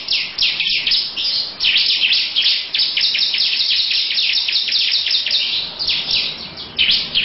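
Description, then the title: Lovebird song: continuous shrill chattering of fast overlapping high chirps with little pause. Long "ngekek" song style, also labelled ciblek. "Audio Lovebird Ngekek Panjang Ciblek"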